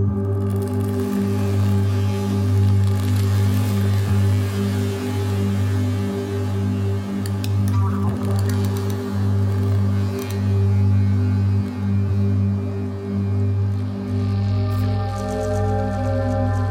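Plastic objects make a steady humming drone of layered low tones, dotted with faint clicks, shifting to a brighter, hissier texture near the end.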